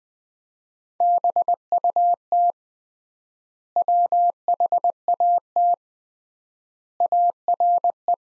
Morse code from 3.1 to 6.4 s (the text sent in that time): WHAT